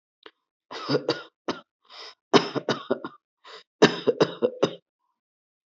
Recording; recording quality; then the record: shallow voluntary cough; excellent, no background noise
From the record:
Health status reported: healthy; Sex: male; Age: 29 years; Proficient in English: yes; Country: India